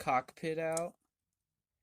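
Someone talks briefly while handling the plastic cockpit section of a transforming toy robot action figure during its conversion, as the cockpit is flipped out to be pushed into the figure's body. Nothing has seated or clicked yet. The rest of the clip falls silent.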